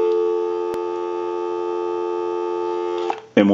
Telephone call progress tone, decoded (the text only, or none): dial tone